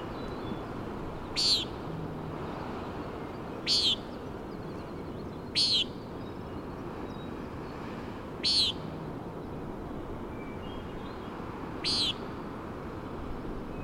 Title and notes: Common Nighthawk "peenting" and "wing booms" 3:58am on top of Schoodic Head (Schoodic Div., Acadia National Park)